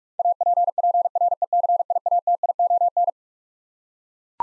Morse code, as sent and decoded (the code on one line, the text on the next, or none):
.- .--. .--. .-. . -.-. .. .- - .. --- -.
APPRECIATION